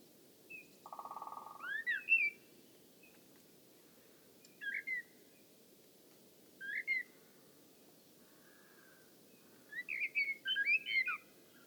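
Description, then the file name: Common blackbird calls: scattered short whistled and chirping notes in bursts, with a brief low buzzy note early and steady background hiss. "Turdus merula"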